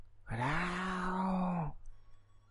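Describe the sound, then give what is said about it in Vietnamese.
A purple young dragon over 12 metres long, with tall horns and electric light flowing over its thick scales, lets out a single loud roar, a sustained, harmonic, groaning cry lasting about a second and a half before cutting off, followed by a faint low rumble. “Con ấu long gầm lên một tiếng, bỗng chốc phong vân thay đổi.”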